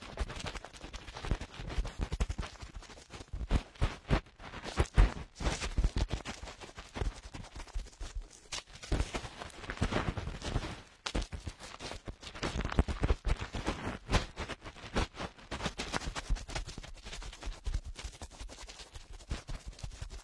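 A cotton swab cleans dirt from an ear: a steady stream of dense, rapid scratchy crackles and rustling, with louder bursts around five and ten seconds.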